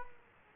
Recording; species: mosquito wingbeat signal from an infrared sensor; Culex quinquefasciatus